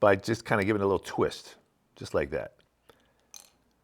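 Someone talks, then an old magazine follower, held on the magazine spring only by friction, is given a little twist to pop it off. A sharp click is heard at 3.3 seconds as the follower releases from the spring.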